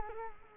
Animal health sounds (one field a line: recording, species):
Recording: mosquito wingbeat signal from an infrared sensor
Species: Culex quinquefasciatus